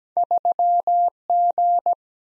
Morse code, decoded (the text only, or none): 3G